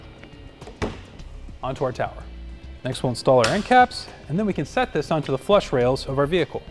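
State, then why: Seated. A plastic fit-kit pad is pressed onto the tower of a Yakima RidgeLine roof rack for the flush rails of a 2016 Kia Sorento. It snaps into place with a sharp click at 0.8 s, seating the pad on the tower. Someone talks afterward.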